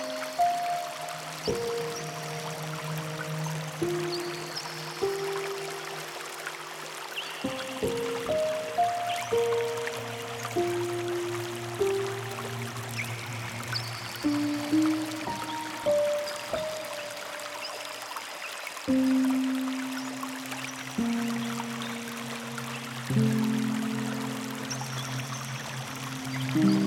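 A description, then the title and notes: Soft instrumental music plays with piano-like notes that change every few seconds, low sustained tones and higher chimes above them. Underneath runs a steady, gentle wash of flowing river water. The level stays even throughout, with soft swells as new notes begin. The gentle sound of the river. The music selection features soft instrumental pieces, such as the piano, that complement the natural sound of the river.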